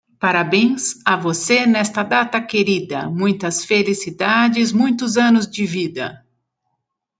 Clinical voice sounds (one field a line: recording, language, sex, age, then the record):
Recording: short text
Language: Brazilian Portuguese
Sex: female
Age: 50 to 59 years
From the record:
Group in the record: control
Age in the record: 52 years